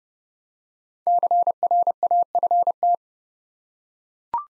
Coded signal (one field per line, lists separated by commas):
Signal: Morse code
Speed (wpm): 30 wpm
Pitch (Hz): 700 Hz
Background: none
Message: CRAFT